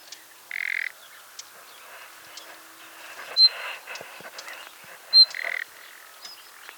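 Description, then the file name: Common nightingale calls: two short, pure whistles high in pitch about two seconds apart, with brief hissing noise bursts and faint chirps around them. "Luscinia megarhynchos"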